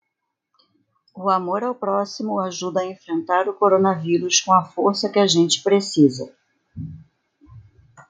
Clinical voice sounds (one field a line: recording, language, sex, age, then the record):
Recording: spoken sentence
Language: Brazilian Portuguese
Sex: female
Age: 50 to 59 years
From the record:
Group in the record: control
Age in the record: 53 years